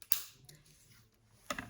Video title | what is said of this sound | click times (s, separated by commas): How to Open and Close Foldable Trekking Poles | until you hear and then you can see that little silver button pop out | 0.1 s